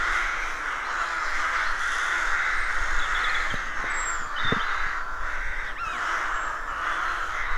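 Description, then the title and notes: Rooks cawing continuously in a crowded colony, a steady wall of rough calls with a few high chirps from other birds. Colony of more than 300 rooks nesting in a dozen roadside trees in rural County Armagh, early spring; pairs greeting, squabbling with neighbours as first chicks hatch. "Sound Escape 113: Enjoy the stirring cacophony of a rook colony. We wandering in deeply rural County Armagh. It's early spring and the rooks rule the woodlands. BBC Countryfile Magazine's Sound Escapes"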